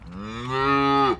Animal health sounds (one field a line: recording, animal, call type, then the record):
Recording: contact call of a hoofed animal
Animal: cattle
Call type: low-frequency (closed-mouth) or high-frequency (open-mouth) call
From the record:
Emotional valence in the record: negative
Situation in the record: full separation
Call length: 1.21 s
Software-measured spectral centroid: 1740 Hz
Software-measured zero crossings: 1730 a second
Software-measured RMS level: -23 dBFS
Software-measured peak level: -9 dBFS